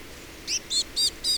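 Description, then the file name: Eurasian blue tit calls: four short, high, slightly buzzy notes given in quick succession, evenly spaced about a quarter second apart, over faint low background hiss. "Cyanistes caeruleus"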